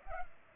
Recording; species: mosquito wingbeat signal from an infrared sensor; Culex pipiens